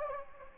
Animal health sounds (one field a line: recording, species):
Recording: mosquito wingbeat signal from an infrared sensor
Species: Anopheles gambiae